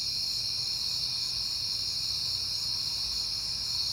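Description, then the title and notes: Crickets trilling constantly in a high, unchanging chorus, with no other clear sounds. Crickets recorded at night in September, on a peaceful night. "Night Time: Crickets and Passing Cars. It is September and I have been hearing the crickets a lot, but finally had a peaceful night to make the recording"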